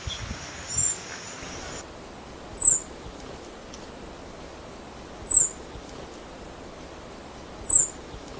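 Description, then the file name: Black-backed tanager giving a few very high, thin, sharp notes over a soft hiss, with a steady high tone at the start. "canto da saira sapucaia"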